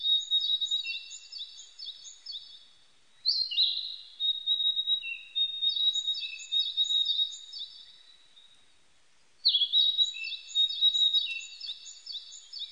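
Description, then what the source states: Narcissus flycatcher song: strings of rapid high chirps broken by two loud sweeping whistled phrases. Recorded 25 April 1998; identified by the Japanese name kibitaki.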